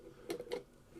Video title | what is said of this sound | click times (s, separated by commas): Adapting an IMAX Projection Lens to my Pentax 67 | it did click into place. | 0.3 s, 0.5 s